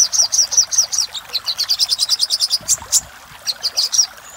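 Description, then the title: Little spiderhunter song, a quick string of bright high notes that speeds up, then breaks into a few spaced chips after a short gap. Song used for training caged birds; the song variant is called Labaik. "Masteran Burung Sogok Ontong Labaik"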